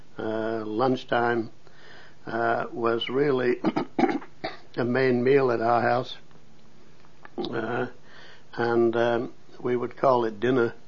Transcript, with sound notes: Lunch time uh, was really (clears throat) a main meal at our house. And um, we would call it dinner.